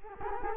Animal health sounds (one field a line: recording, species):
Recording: mosquito wingbeat signal from an infrared sensor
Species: Culex quinquefasciatus